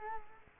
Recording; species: mosquito wingbeat signal from an infrared sensor; Culex quinquefasciatus